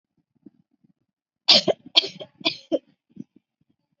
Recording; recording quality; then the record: shallow voluntary cough; excellent, no background noise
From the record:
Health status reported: healthy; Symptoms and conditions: none ticked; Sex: female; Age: 25 years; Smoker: not ticked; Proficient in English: yes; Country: India